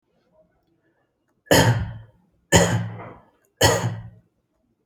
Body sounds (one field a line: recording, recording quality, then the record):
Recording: shallow voluntary cough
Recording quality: excellent, no background noise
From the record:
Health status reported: healthy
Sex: male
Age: 30 years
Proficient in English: yes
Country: India